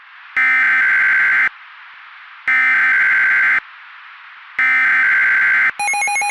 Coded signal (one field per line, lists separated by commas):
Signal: Emergency Alert System (SAME) tones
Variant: header bursts